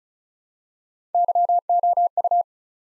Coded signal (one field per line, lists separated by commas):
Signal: Morse code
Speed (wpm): 36 wpm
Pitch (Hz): 700 Hz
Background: none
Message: YOU